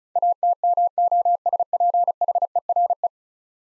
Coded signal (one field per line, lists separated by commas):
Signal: Morse code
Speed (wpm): 36 wpm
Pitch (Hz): 700 Hz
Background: none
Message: ATMOSPHERE